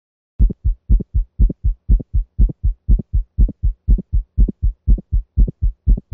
At the aortic valve region to an aortic ejection sound as it might sound in a dog with aortic valve stenosis. The sound cadence is 1-click-2 or lub-click-dup. Listen at 120 beats per minute.